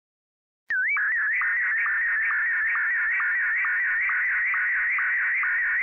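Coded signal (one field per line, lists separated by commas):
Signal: SSTV (slow-scan television)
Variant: Martin 1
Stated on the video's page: SSTV test picture transmitted from an old Standard C5400 VHF multimode base station.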